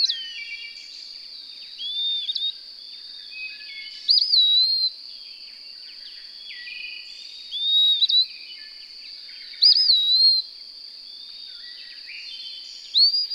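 Bird singing brief whistled phrases with a rising then falling slur, spaced a few seconds apart, with a constant high-pitched hum underneath.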